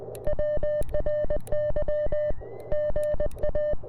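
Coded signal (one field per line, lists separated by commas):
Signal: Morse code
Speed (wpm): 18 wpm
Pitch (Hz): 630 Hz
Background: none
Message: WRY GA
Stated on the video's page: POTA park activation on CW with a self-designed CFT1 transceiver, possibly keyed with an iambic paddle and using an end-fed halfwave antenna.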